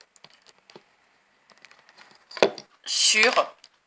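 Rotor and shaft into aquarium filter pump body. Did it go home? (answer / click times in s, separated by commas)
no / none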